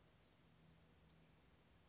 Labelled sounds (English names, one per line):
Western Flycatcher